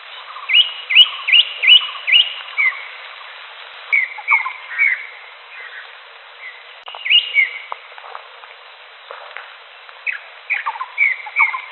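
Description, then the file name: Greater green leafbird song: quick runs of upswept whistles followed by varied shorter notes and faint clicks, with a hissy background throughout. Wild recording. "audio cucak hijau alam liar"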